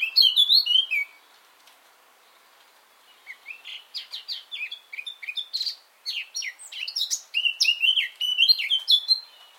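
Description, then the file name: Eurasian blackcap singing a brief chattering phrase, then a pause of about two seconds, then a longer hurried warble of twittering and fluty notes. "Sylvia atricapilla"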